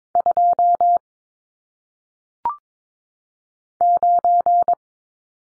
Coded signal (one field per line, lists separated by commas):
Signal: Morse code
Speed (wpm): 22 wpm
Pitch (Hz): 700 Hz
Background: none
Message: 2 9